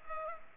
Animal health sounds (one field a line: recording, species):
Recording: mosquito wingbeat signal from an infrared sensor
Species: Culex pipiens